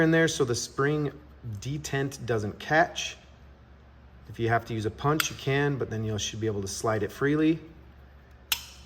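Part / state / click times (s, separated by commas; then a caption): extended basepad onto pistol magazine body / seated / 8.5 s. An extended polymer basepad for a P365 X/XL pistol magazine is slid back along the magazine body rails over the spring plate while someone talks. At 8.5 s a sharp click is heard as the detent engages and the basepad seats onto the magazine body.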